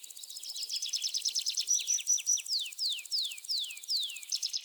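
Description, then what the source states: Bird singing rapid high chips that turn into a series of downslurred whistles. Birds in the jungle.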